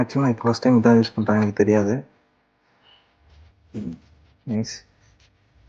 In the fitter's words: இது ஏன் சரியா லாக் ஆக மாட்டேங்குது?